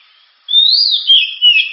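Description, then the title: Oriental magpie-robin song: after a brief silence, a rising whistled note sliding into a varied run of high phrases. Described as a loud, sharp, very powerful song used to prompt and train other birds to sing. "Kacer Gacor Suara Tajam. Kacer Gacor Suara Super Kenceng Cocok untuk Pancingan"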